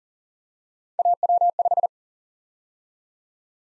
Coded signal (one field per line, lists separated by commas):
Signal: Morse code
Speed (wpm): 46 wpm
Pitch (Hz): 700 Hz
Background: none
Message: AW5